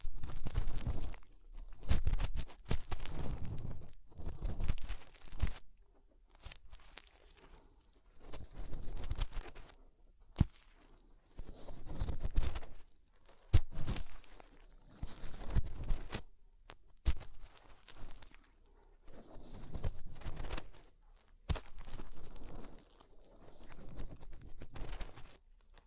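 Fingers rubbing and cleaning inside the ear make muffled, rumbling scrapes and crackly rustles. They come in irregular bursts of a second or two, separated by short quiet gaps, and run through the whole stretch. Occasional sharper thumps and crunches stand out within the bursts.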